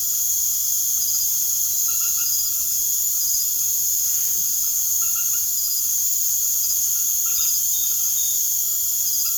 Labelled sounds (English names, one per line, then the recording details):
none
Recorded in secondary vegetation near Puerto Asís, Putumayo, Colombia, on 21 March 2025 at 19:30
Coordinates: 0.489, -76.322
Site G042